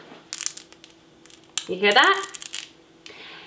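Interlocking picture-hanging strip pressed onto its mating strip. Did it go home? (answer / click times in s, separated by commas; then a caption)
yes / 0.3 s, 0.4 s, 0.5 s, 0.6 s. The bottoms of two plastic hook-and-loop style adhesive picture-hanging mounting strips are pressed onto each other so they interlock, giving sharp snapping clicks at 0.3, 0.4, 0.5 and 0.6 seconds. Someone then talks over a few softer rustles. The strips are seated and connected, with the snap showing they are working.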